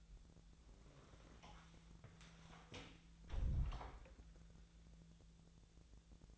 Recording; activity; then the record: daily activity, microphone in the room; close door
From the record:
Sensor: 3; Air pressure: 1000.4 hPa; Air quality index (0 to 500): 171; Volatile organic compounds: 3 ppm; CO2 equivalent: 1488 ppm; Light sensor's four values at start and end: 13/32/13/14 and 13/32/13/14